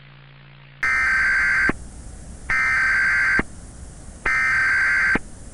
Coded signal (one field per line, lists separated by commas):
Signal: Emergency Alert System (SAME) tones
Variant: header bursts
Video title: Resurgence [EAS MOCK]